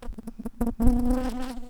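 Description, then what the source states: Shrill carder bee buzzing, a low steady hum broken into short pulses at first, then a sustained drone for nearly a second. Workers.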